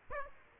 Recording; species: mosquito wingbeat signal from an infrared sensor; Aedes aegypti